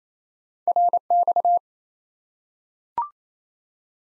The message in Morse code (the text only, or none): RX